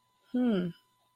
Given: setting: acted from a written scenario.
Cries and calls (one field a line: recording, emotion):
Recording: vocal sound without words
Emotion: realization